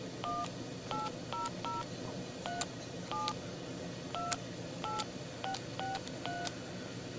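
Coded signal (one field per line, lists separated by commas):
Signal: DTMF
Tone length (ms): 180 ms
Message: 18003728663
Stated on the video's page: Touch-tone dialing from an inexpensive Chinese lineman's butt set, a basic telephone with caller ID display and push-on, push-off switch hook.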